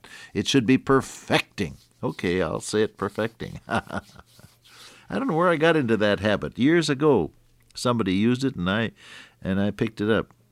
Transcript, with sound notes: It should be ‘perfecting!'” Okay, I’ll say it, “perfecting.” [laughter] I don’t know where I got into that habit. Years ago somebody used it and I picked it up,